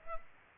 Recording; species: mosquito wingbeat signal from an infrared sensor; Culex pipiens